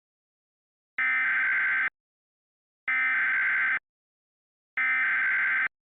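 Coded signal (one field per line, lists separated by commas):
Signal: Emergency Alert System (SAME) tones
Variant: header bursts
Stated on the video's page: Fictional, simulated EAS scenario set in Wyoming.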